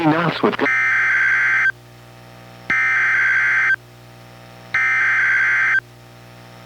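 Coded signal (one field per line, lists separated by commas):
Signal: Emergency Alert System (SAME) tones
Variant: header bursts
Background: speech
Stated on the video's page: Special Marine Warning relayed by a NOAA Weather Radio station, recorded from a Reecom R-1630 weather radio to a Zoom H1 recorder.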